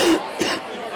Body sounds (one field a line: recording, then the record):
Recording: coughing mixed with background sound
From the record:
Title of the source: 60 coughing still (deep and wet cough)